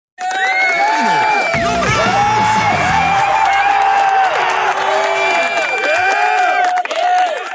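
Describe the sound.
A loud crowd cheers and screams continuously, with high-pitched shrieks and whoops rising over a dense roar of voices for several seconds.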